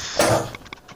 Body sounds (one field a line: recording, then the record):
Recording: coughing mixed with background sound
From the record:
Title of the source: Cough Around the Clock!